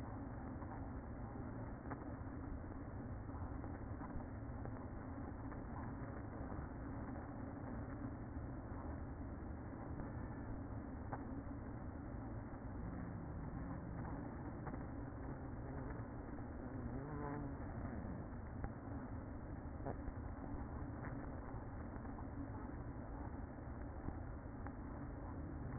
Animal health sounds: honeybee colony, microphone inside the hive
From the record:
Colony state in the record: queen present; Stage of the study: after two queens were removed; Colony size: about 60,000 bees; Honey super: yes

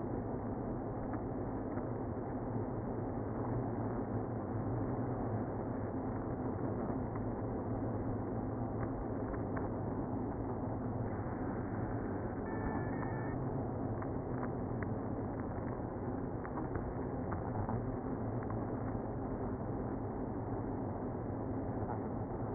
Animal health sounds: honeybee colony, microphone inside the hive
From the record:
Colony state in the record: queenless (queen removed); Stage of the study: after two queens were removed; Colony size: about 60,000 bees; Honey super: yes

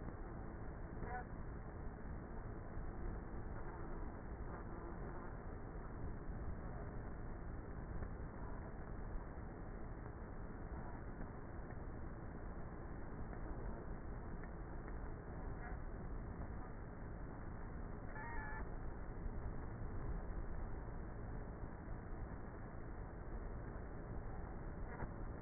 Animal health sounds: honeybee colony, microphone inside the hive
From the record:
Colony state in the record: queenless with a low population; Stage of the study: before two queens were removed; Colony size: about 30,000 bees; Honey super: no

